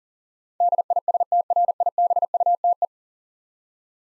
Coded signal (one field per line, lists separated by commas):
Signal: Morse code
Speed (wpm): 40 wpm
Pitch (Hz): 700 Hz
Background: none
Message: DISTRIBUTE